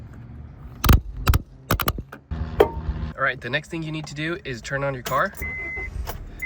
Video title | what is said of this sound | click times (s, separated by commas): P1456 Check Engine Light FIX - Complete Tutorial! [PASS SMOG] | So the next step is to install it and make sure it clicks three times. | 0.8 s, 1.3 s, 1.7 s